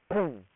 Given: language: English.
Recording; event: throat vibration sensor signal played as sound; throat clearing